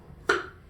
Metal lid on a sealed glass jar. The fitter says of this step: so i open this jar you heard it pop look how beautiful that chili is